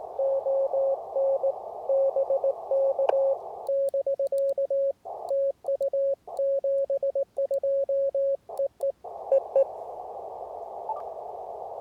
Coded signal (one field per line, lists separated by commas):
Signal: Morse code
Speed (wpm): 19 wpm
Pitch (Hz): 550 Hz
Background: radio noise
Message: ON BK <BK> TU 72 EE EE